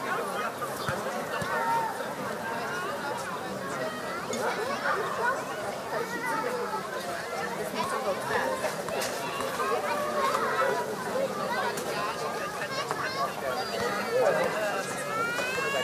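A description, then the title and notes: Children play and chatter on a busy summer-evening playground, many overlapping voices steady throughout, with occasional brighter shouts and squeals near the end. Summer Evening Joy and Child Play. Step into a blissful summer evening in Berlin with this immersive audio journey. Begin at the joyful hum of a children's playground.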